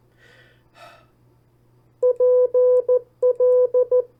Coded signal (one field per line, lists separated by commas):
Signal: Morse code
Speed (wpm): 14 wpm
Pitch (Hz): 500 Hz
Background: none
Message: PL